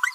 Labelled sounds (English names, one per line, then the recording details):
Green-rumped Parrotlet babbling
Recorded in a nest box in Venezuela
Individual 18B25A4